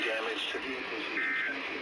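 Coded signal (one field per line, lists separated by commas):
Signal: Emergency Alert System (SAME) tones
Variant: end-of-message bursts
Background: speech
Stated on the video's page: Severe thunderstorm warning from the Las Vegas weather office for San Bernardino and Clark counties.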